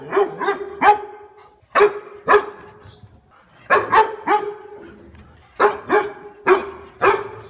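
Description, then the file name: Dog giving loud, resonant barks in short clusters, with short pauses between the groups. "Tieng Cho sua hay va am"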